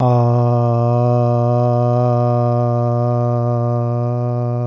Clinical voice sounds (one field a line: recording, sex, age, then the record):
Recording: sustained vowel /a/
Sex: male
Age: 40 to 49 years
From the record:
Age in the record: 41 years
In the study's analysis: included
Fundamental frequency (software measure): 121 Hz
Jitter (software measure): 0.20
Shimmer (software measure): 0.49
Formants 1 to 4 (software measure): 642 Hz, 1171 Hz, 2972 Hz, 3427 Hz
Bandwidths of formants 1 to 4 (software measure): 73 Hz, 84 Hz, 331 Hz, 393 Hz